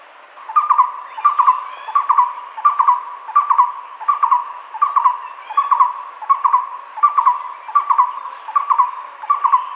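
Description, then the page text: Moustached barbet song: hollow hooting notes in short clusters, repeated steadily under a second apart. "Moustached Barbet Song. Quick Sounds"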